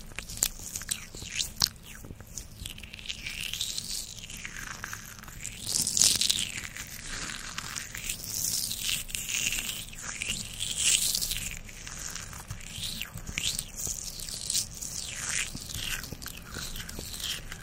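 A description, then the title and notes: Continuous mouth sounds and soft nibbling, with bright, bristly swishes sweeping up and down every second or so between small wet clicks. The swishes peak loudest around six seconds, and a faint low hum runs steadily underneath. Roblox asmr ~ spoolie mouth sounds + nibbling!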